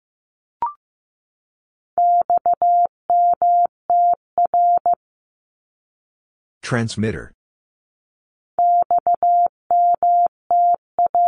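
Morse code beeps in a steady mid-pitched tone, sounding in bursts of short and long pulses from about two to five seconds and again from nine seconds to the end. A brief blip opens the clip, and a short voice-like burst breaks the silence around seven seconds.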